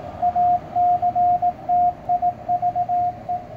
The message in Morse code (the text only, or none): ACTIVE